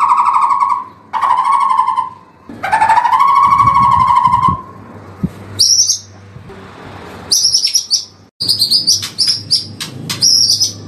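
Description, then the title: White-rumped shama song: loud, low, harmonic drawn-out notes, then a pause and a rapid run of sharp high chips and short whistles. Training recording for caged birds to learn from; song style named labaik. "MURAI BATU LABAIK"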